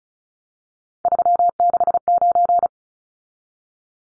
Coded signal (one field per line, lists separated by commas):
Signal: Morse code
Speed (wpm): 34 wpm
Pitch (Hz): 700 Hz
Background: none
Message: 369